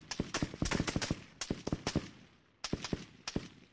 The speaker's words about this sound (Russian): Вдруг из глубины двора, где стоял дровяной сарай, донеслась дробь выстрелов.